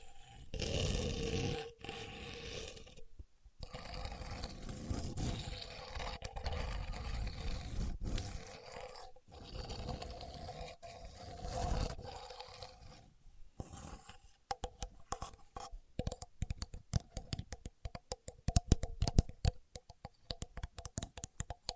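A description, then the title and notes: A contour gauge being handled and pressed into shape. For the first thirteen seconds there's a rough, continuous scraping and rubbing with a low rumble, briefly pausing around three seconds; after that comes a rapid, uneven run of sharp clicks and ticks from its pins. Using A Contour Gauge (No Talking).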